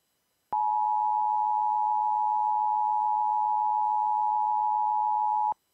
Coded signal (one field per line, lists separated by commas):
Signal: Emergency Alert System (SAME) tones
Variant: 853 and 960 Hz attention tone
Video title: COVID-19 ISOLATION ALERTS PART 2... (EAS ALERTS 3856-3869 FROM 10/11/22-10/15/22)